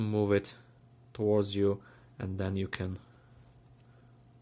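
A steel tool arm of a Swisstool X multitool is handled after its lock is released by moving it towards the user, on its way to its locking position in the handle. Someone talks through the first three seconds, then only faint, quiet ticks are heard near the end. Nothing has seated or clicked into place yet.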